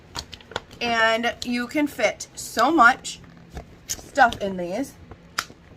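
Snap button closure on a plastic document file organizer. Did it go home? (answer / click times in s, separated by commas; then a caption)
yes / 5.4 s. A plastic snap button on a plastic document file organizer folder is pressed closed while someone talks. Soft handling clicks and rustles come through between the speech, and the button snaps shut with a sharp click at 5.4 s, so the closure is seated.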